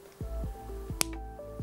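A plastic model kit leg part is pressed into its socket on the leg assembly over background music, and a sharp click is heard at 1.0 s as it snaps in. The part is confirmed seated.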